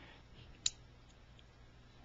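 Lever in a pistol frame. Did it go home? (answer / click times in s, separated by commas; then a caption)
released / 0.7 s. During takedown of a Ruger P95 pistol, the lever by the slide in the frame is worked and pops up with a single sharp click at 0.7 s, over a low steady hum, with a much fainter tick at 1.4 s. The lever is released and has to be pushed back down before the gun can be reassembled.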